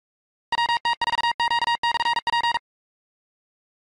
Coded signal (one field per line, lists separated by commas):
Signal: Morse code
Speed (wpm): 48 wpm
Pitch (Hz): 940 Hz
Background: none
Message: WT4Q/P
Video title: 15,359 point rufzxp